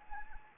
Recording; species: mosquito wingbeat signal from an infrared sensor; Anopheles arabiensis